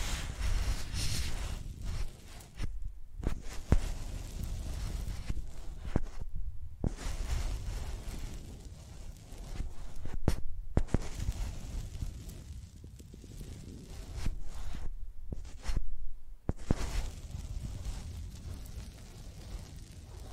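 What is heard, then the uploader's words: A microphone is used like a pencil, dragged and rubbed across a surface in rough, uneven scratching strokes over a deep rumble. The scraping comes in bursts with brief quiet gaps, and sharp clicks and knocks land every few seconds. Using Mics as Pencils (No Talking).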